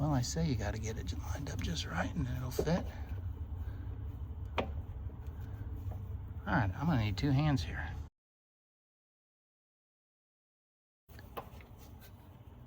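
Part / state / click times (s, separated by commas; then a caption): unspecified part being fitted during car reassembly / not seated / none. During reassembly of a Porsche 911SC, a part is lined up by hand to be fitted onto the car while someone talks, and a single sharp tap sounds at about 4.6 s. After a gap of silence from about 8.1 to 11.1 s, a quieter low hum returns with a couple of faint ticks. The clip ends before the part goes home, and nothing has seated or clicked yet.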